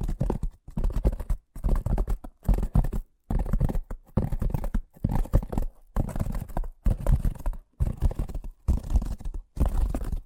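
Fast tapping comes in quick, dense bursts of about half a second to a second each, separated by brief silent gaps roughly every second. The taps are mostly low and thudding with a scratchy, crunchy edge, and the pattern stays steady throughout.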